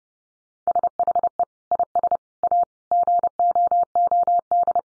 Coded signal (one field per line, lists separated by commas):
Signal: Morse code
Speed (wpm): 30 wpm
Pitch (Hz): 700 Hz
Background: none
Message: SHE IS A GOOD